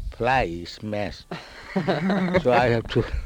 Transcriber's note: laughter